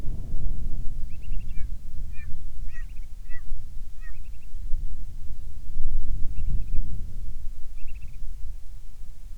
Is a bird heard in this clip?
yes